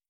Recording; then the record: hydrophone in a shrimp aquaculture tank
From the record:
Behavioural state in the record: starved